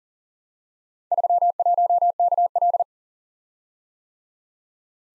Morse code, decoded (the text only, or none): 31KL